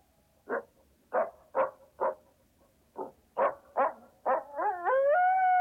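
Coyote calling: a quick run of about eight sharp barking yips that breaks into a rising, wavering howl.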